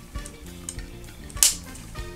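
During reassembly of a SCCY CPX-2 9mm pistol, the metal takedown pin is pushed into its hole in the frame with the flat side facing up. A faint tick at 0.7 s precedes a sharp, bright click at 1.4 s as the pin seats in place, over a low steady background hum.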